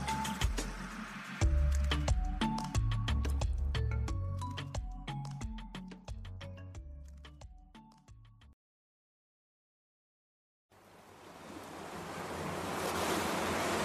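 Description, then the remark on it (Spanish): After a stretch of plucked, tinkling music fades into a brief silence, a soft hiss of ocean surf swells up and grows steadily louder, like the sea murmuring inside a shell. “Si de una concha oyes la mar, también puedes hacerlo por Radio Auquín Lab”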